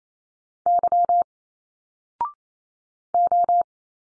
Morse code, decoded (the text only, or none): Y O